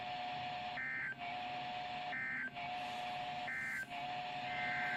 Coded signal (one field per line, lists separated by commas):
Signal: Emergency Alert System (SAME) tones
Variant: end-of-message bursts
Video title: EAS #242-243: Required Weekly Test